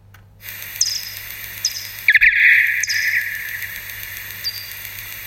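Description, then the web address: Bat echolocation calls heard as sharp downward-sweeping chirps, spaced irregularly, with a harsh buzzy burst in the middle and a steady low hum beneath. "studium lehrerbildung lmu ideenfinder fledermaus hoerbeispiele-fledermausrufe fledermausruf"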